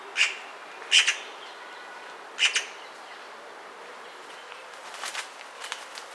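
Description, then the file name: Eurasian magpie giving a few loud, grating chack notes, single and doubled, then fainter scratchy calls toward the end. "Pica pica"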